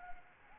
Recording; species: mosquito wingbeat signal from an infrared sensor; Anopheles arabiensis